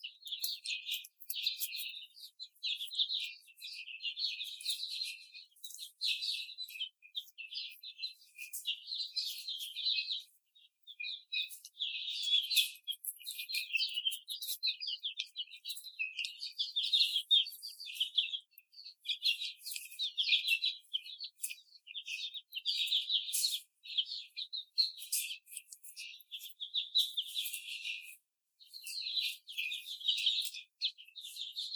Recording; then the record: young laying hens in a cage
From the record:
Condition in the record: after the stressor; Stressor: simulated dog barking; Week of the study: 4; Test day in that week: 2